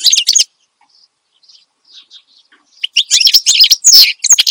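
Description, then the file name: Finch song: a short burst of high chirps, faint soft notes in a lull, then a lively burst of twittering. Finch singing steadily and loudly (gacor), offered as a recording for training other songbirds (masteran). "Suara Kicauan Burung Finch Gacor Dor Cocok Untuk Masteran"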